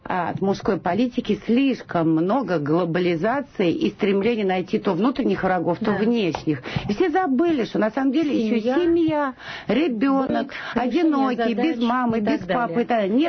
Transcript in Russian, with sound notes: от мужской политики слишком много глобализации и стремления найти то внутренних врагов, то внешних. И все забыли, что на самом деле еще семья, ребенок, (говорят вместе) одинокий, без мамы, без папы.